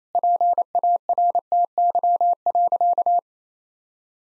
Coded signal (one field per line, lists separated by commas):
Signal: Morse code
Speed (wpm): 28 wpm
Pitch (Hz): 700 Hz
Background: none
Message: PARTY.